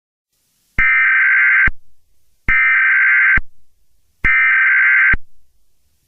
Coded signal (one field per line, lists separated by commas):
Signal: Emergency Alert System (SAME) tones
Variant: header bursts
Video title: EAS in movies - Quarantine (2008)